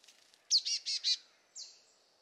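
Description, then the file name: Marsh tit call: a sharp, high descending note followed by three buzzy, scratchy notes in quick succession, then one fainter high note after a short pause. "Poecile palustris"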